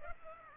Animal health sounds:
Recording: mosquito wingbeat signal from an infrared sensor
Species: Aedes aegypti

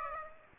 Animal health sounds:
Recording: mosquito wingbeat signal from an infrared sensor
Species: Aedes aegypti

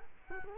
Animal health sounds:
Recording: mosquito wingbeat signal from an infrared sensor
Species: Culex quinquefasciatus

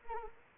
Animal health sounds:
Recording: mosquito wingbeat signal from an infrared sensor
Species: Anopheles arabiensis

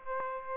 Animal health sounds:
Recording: mosquito wingbeat signal from an infrared sensor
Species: Aedes aegypti

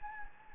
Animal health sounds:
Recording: mosquito wingbeat signal from an infrared sensor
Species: Anopheles gambiae

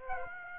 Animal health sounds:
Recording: mosquito wingbeat signal from an infrared sensor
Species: Aedes aegypti

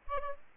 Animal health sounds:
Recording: mosquito wingbeat signal from an infrared sensor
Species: Aedes aegypti

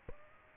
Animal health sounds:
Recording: mosquito wingbeat signal from an infrared sensor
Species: Aedes aegypti

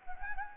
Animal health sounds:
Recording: mosquito wingbeat signal from an infrared sensor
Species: Anopheles gambiae

